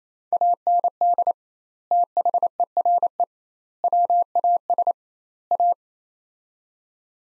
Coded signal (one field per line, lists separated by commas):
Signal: Morse code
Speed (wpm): 28 wpm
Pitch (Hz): 700 Hz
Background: none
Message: AND THERE WAS A